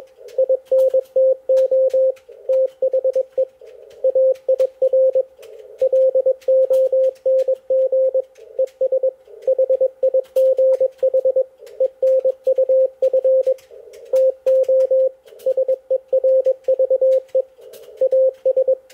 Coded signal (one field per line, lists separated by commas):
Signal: Morse code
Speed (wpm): 20 wpm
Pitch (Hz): 520 Hz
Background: none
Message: INTO THE AIR LONG ES HIGH ENUF TO SERVE AS